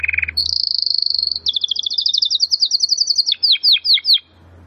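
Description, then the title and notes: Domestic canary song: a short low trill, then a long rapid high trill, a stuttering trill and four sharp down-slurred notes, with a faint low hum beneath. Belgian canary singing; labelled 'Campainha'. "Canário Belga Campainha Canary Singing. Canario Belga Cantando"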